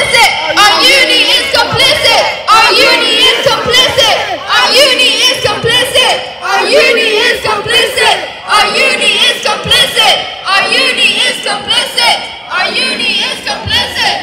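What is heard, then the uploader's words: A pro-Palestinian protest crowd shouts and chants continuously, many loud voices overlapping in dense, rhythmic bursts with brief dips roughly every two seconds. Leeds Pro-Palestinian protest.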